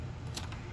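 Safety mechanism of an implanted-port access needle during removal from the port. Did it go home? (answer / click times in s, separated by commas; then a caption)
yes / 0.4 s. While its disc is held flat against the chest, the safety mechanism of a power port needle is pulled back during removal from an implanted port, retracting the needle and locking the plastic guard. A sharp click sounds at 0.4 s, followed by a softer tick at 0.5 s over a low background hum. The safety mechanism clicks locked.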